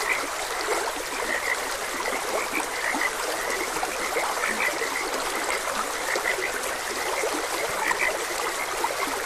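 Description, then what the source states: Chorus of frogs giving brief repeated croaks, irregularly spaced, over a steady wash of stream water. Frogs croaking beside a gentle stream.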